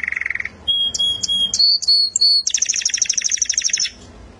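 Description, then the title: Canary song: a fast low trill, then clear high whistled notes and a long rapid buzzy rattle ending abruptly. Champion singing canary. "Kicau Burung Kenari Juara"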